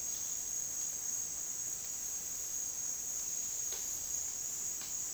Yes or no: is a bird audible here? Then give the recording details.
no. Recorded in dense forest near Puerto Asís, Putumayo, Colombia, on 18 February 2024 at 09:30. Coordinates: 0.466, -76.327. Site G6413